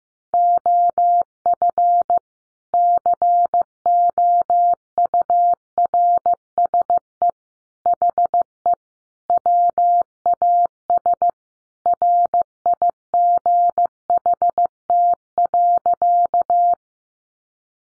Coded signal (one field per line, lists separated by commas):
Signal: Morse code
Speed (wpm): 15 wpm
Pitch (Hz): 700 Hz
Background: none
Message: OF COURSE HE WAS RIGHT.